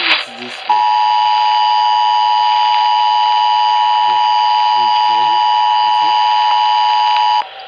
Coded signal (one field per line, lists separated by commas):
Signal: Emergency Alert System (SAME) tones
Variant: 853 and 960 Hz attention tone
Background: speech